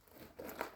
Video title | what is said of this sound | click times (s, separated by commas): Scherzi GB2 greece interceptor | and just put it back on clockwise till it clicks. | 0.6 s